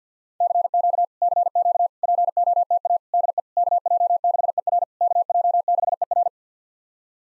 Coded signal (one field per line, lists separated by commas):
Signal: Morse code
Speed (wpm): 51 wpm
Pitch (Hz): 700 Hz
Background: none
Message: CQ CQ POTA DE KJ6ER KJ6ER